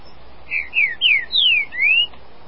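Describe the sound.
Green-winged saltator singing one rich whistled phrase of five slurred notes, mostly downward sweeps ending with a rising note, against light background noise.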